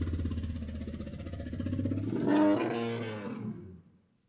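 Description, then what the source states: Lion roaring: a deep, rumbling roar that swells and grows louder around the middle, then fades and breaks off near the end. Lion roaring, first distant and then close.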